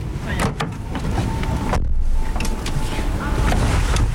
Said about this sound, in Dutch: We staan bij de auto. We gaan een rondje door de buurt rijden, hè? Ja, zeker. Laten we instappen.